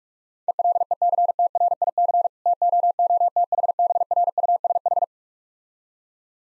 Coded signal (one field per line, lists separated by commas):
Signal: Morse code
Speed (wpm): 46 wpm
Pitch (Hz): 700 Hz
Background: none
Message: ELECTRIC TOOTHBRUSH